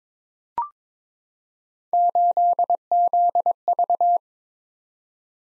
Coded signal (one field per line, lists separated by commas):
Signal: Morse code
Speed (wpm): 22 wpm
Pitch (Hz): 700 Hz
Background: none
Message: 8ZV